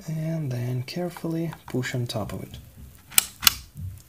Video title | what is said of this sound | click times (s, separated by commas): DDR4 RAM installation and removal guide by Centaurus Computers | as you can see with two locks clicked in place | 3.2 s, 3.5 s